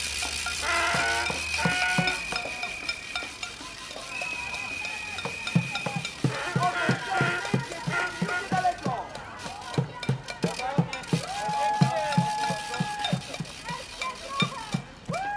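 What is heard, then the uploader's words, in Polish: Spectators cheer on marathon runners in the street, with a steady, dense mix of clapping, rattles and shouting voices throughout. Long whistle-like tones sound from about one to six seconds and again around eleven to thirteen seconds. A low hum fills the first two seconds. Grabiszyńska róg z ul. Piłsudskiego , Stare Miasto. Profesjonalne dopingowanie biegaczy przez grupę kibiców na ulicy Grabiszyńśkiej. Rekorder, mikrofon: Sony PCM D50. 33. Maraton Wrocławski - dopingowanie zawodników.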